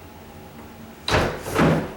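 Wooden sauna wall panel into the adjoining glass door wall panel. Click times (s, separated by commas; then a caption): 1.1 s. A wooden sauna wall panel is lifted and pushed against the adjoining glass door wall panel. After a quiet stretch, its clips snap into place with a sudden loud snap at 1.1 s, followed by a second broad, lower rumble around 1.6 s. The panel is seated.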